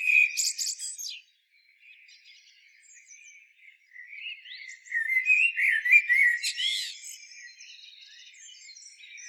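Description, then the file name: Common blackbird song: a low fluted warble opening with a scratchy high flourish, a quiet pause, then a richer rolling phrase ending in thin squeaky notes. "Turdus merula"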